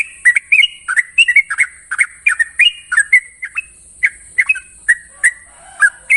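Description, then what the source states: Yellow-vented Bulbul song: short liquid, bubbly chirps in quick irregular bursts, with a steady high hiss running underneath throughout. Master song in the long-trill style, called 'ropel panjang'.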